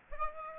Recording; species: mosquito wingbeat signal from an infrared sensor; Aedes aegypti